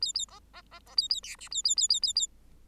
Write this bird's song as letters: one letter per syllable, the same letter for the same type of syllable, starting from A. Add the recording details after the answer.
A A B B B B A A C D A A A A A A. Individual Bird8